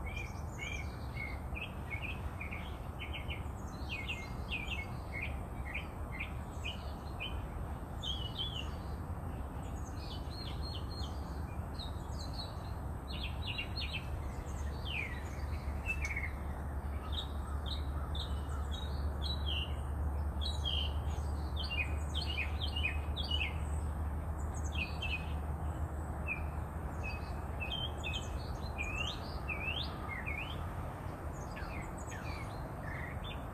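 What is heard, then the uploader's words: Birds sing almost without pause, a busy overlapping chorus of quick bright chirps and trills from several birds at once. A low steady rumble sits underneath throughout, slightly stronger past the middle, and the level stays even across the whole stretch. Bird Songs.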